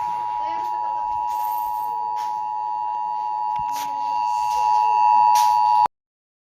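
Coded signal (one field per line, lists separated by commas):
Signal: Emergency Alert System (SAME) tones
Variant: 853 and 960 Hz attention tone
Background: speech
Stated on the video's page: Fictional mock EAS scenario about a zombie apocalypse, not a real alert.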